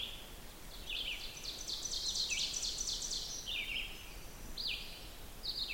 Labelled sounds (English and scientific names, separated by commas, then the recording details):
Ovenbird (Seiurus aurocapilla) song
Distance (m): 55 m
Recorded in boreal forest in Alberta, Canada, on 16 June 2016 at 08:44
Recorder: SongMeter 3, array SBT-3-32
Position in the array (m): 176 m, 37 m
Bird 36